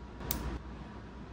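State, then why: Seated. A short kit extension wire connector is plugged into the stock wiring harness of a Talaria XXX electric motorbike being updated with a Nucular P24F. Against a low background hum, one sharp click is heard at 0.3 s as the connector seats.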